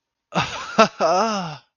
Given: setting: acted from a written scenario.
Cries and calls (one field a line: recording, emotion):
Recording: vocal sound without words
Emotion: elation